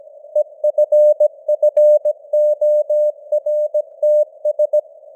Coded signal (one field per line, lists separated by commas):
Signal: Morse code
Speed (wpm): 17 wpm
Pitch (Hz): 600 Hz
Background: none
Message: EFFORTS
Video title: Morse Code News | 2025-11-08 | 17wpm